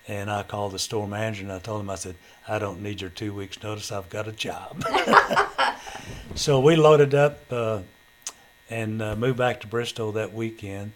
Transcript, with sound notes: And I called the store manager and I told 'em-- I said, "I don't need your two weeks' notice, I've got a job." (Laughter) So we loaded up and moved back to Bristow that weekend.